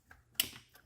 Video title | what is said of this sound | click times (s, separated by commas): 2014-19 Chevrolet Corvette C7 Carbon Fiber Steering Wheel Installation EOS ft.@THECORVETTECHANNEL | you'll hear it snap in place | 0.4 s